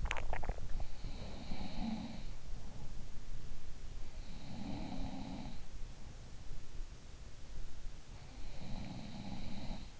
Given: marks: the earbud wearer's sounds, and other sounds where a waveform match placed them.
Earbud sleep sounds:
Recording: sounds in sleep by an in-ear microphone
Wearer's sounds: swallowing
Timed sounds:
0.00-0.90 s: swallowing
0.90-3.06 s: sound from someone else or the room
4.16-5.94 s: sound from someone else or the room
8.22-9.99 s: sound from someone else or the room

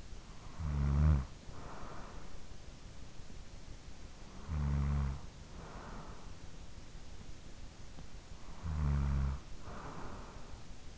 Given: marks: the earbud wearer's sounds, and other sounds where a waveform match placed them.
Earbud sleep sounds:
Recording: sounds in sleep by an in-ear microphone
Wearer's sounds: snoring breath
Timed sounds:
0.00-2.62 s: snoring breath
3.91-6.65 s: snoring breath
8.05-10.98 s: snoring breath

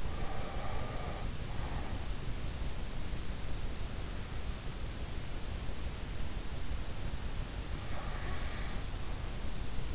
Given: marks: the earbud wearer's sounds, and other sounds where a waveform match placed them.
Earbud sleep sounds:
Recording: sounds in sleep by an in-ear microphone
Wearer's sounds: breath, snoring breath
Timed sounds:
0.00-2.24 s: breath
7.67-9.50 s: snoring breath

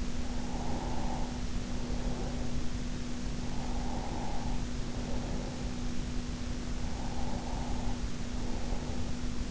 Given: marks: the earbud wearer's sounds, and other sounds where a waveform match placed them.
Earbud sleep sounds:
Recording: sounds in sleep by an in-ear microphone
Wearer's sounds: breath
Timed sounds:
0.13-2.70 s: breath
3.28-5.91 s: breath
6.64-9.50 s: breath

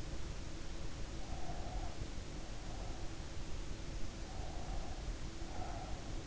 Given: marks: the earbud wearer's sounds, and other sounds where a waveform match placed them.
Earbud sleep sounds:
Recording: sounds in sleep by an in-ear microphone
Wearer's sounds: breath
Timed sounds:
1.29-3.21 s: breath
4.37-6.22 s: breath

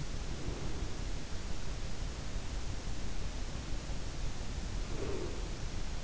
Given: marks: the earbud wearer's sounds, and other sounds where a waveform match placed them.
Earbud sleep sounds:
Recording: sounds in sleep by an in-ear microphone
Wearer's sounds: breath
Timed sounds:
0.26-1.26 s: breath
4.98-5.56 s: breath

